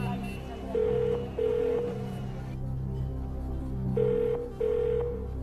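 A telephone rings as a call is placed to a friend, in two rounds, each a pair of short, steady mid-pitched buzzing trills, with a pause between rounds, over a low, continuous background hum.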